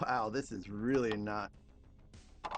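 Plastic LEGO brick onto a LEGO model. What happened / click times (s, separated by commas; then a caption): The plastic brick did not click into place / none. A plastic LEGO brick is pressed onto a LEGO model while someone talks for the first second and a half, followed by quieter handling noise, a brief broadband rustle near 2.1 s and a short tap at about 2.5 s. The part fails to snap home, and nothing has clicked into place.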